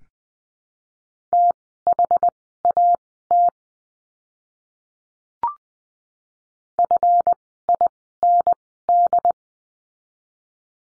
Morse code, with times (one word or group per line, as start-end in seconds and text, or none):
1.3-3.5 THAT
6.8-9.3 FIND